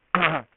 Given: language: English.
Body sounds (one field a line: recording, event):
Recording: throat vibration sensor signal played as sound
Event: throat clearing